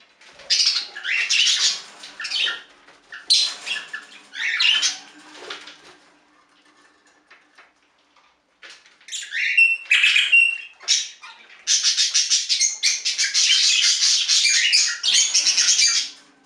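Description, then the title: Budgerigar chatter: scratchy chirp bursts, a quiet stretch, then a long dense buzzy warble near the end. "Budgie Sounds"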